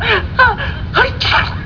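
Gliding, voiced catches of breath build up before a sharp, loud 'hachoo' burst, the pattern of a single adult sneeze. A low steady rumble sits underneath throughout.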